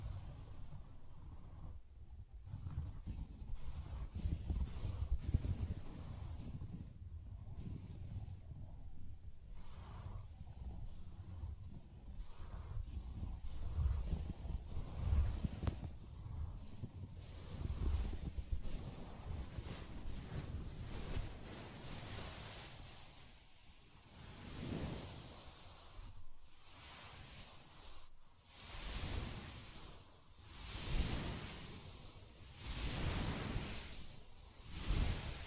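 Soft tapping and scratching on a fabric surface. The first twenty seconds hold a low, muffled rumble with dull thumps, then brighter hissing scratch strokes take over, arriving in quick swells about once a second until the end.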